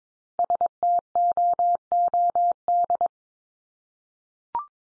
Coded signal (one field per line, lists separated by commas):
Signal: Morse code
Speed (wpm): 22 wpm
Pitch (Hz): 700 Hz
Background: none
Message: STOOD